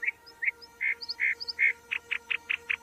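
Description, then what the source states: Lark bunting song, a series of five notes followed by a quicker run of five short repeated notes at a steady rhythm. Breeds in prairie habitats; large member of the sparrow family; song described as beautiful, said to explain the 'lark' in its name.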